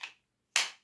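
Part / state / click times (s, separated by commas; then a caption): knife blade into kydex sheath / seated / 0.6 s. A Sencut Waxahachie knife blade is pushed into its kydex sheath, made of 2 to 2.5 mm thermoformed plastic plates. A soft click at 0.0 s is followed by a sharp, bright snap at 0.6 s as the knife seats firmly in the sheath's retention.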